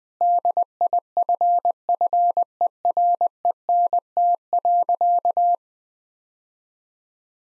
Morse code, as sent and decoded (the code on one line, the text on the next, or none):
-.. .. ..-. ..-. . .-. . -. - .-.-.-
DIFFERENT.